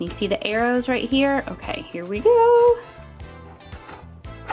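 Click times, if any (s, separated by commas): none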